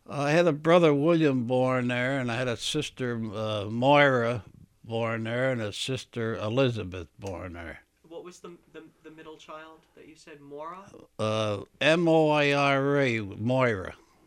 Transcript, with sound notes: I had a brother, William, born there and I had a sister, Moira, born there and a sister, Elizabeth, born there.
What was the, the middle child that you said? (mispronouncing her name) Maura?
M-O-I-R-A, Moira